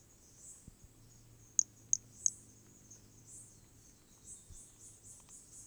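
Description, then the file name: Hermogenes' pumpkin toadlet producing three quick high chirps in a row, with a pulsing insect chorus behind and a low hum. Recorded specimen from Corcovado; specimen one and two mentioned; starting notes lost, recorded without interruption. "MHNCI Brachy hermogenesi Corcovado specimen one two starting notes lost without interruption"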